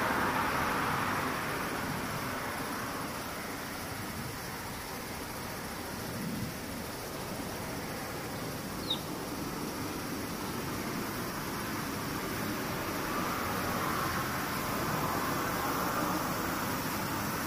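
Cicadas drone in a continuous, dense buzz that is fuller at the start and swells again from about twelve seconds on, dipping slightly in between. A low, steady rumble like passing traffic runs underneath, and a brief high chirp pops out near nine seconds.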